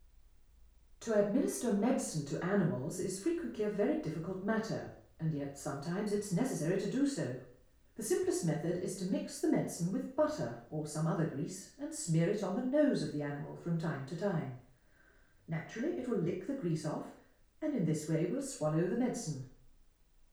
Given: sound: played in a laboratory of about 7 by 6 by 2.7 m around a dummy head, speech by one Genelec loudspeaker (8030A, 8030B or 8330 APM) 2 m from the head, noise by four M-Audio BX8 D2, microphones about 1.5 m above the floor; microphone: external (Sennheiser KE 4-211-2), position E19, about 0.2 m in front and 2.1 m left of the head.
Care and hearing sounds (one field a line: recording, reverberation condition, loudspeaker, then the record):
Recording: female speech in English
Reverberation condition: medium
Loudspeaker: 150 degrees to the left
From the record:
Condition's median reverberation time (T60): about 510 ms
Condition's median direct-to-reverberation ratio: about -0.5 dB